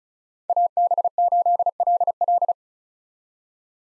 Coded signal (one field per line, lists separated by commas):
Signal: Morse code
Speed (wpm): 36 wpm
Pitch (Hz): 700 Hz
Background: none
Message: AB8LL